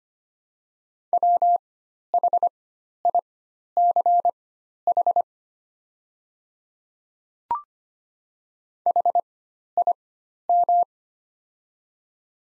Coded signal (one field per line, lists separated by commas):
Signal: Morse code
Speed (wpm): 25 wpm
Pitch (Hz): 700 Hz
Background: none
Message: WHICH HIM